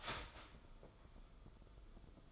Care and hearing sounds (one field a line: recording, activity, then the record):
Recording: daily activity, microphone in the room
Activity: start toaster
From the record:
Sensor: 5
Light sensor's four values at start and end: 44/135/53/58 and 44/135/53/58